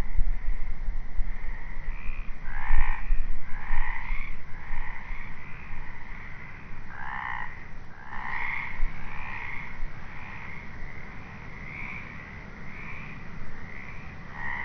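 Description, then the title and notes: Frog chorus of rough, pulsing croaks in a dense, uneven rhythm. Frogs calling at night in the Marais Doux d'Aytré marsh, 25/03/2020 at 22:30, during COVID lockdown. "Marais Doux d'Aytré. Seul au milieu des courageuses grenouilles"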